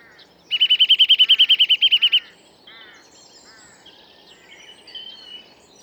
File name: Sitta europaea